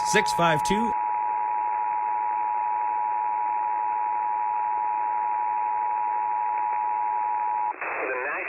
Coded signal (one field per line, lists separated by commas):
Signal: Emergency Alert System (SAME) tones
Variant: 853 and 960 Hz attention tone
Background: speech